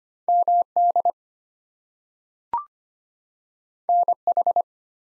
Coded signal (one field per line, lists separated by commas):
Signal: Morse code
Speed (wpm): 25 wpm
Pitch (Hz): 700 Hz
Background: none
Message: MD NH